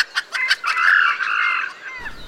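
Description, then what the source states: Red junglefowl crowing: a few short clicks, then a strained, drawn-out rooster-like crow lasting over a second. Calls very like a domestic rooster.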